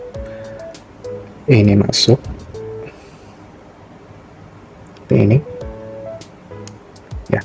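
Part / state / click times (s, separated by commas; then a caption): plastic model kit part into its joint on the robot body / seated / 7.3 s. On a plastic 1/144 RG Force Impulse Gundam Spec II model kit, a part is pushed into its joint on the robot body while transforming the kit into flyer mode, pressed until it clicks. Someone talks over background music, with soft handling noises before a sharp click at 7.3 s. The part is seated in place.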